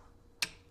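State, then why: Seated. A steel spiral lock that retains the wrist pin is pushed gently by hand into the groove of an aluminum piston's pin bore. After a quiet stretch, a single sharp, bright snap is heard at 0.4 s, then fades quickly. The spiral lock is seated in its groove, and this is confirmed.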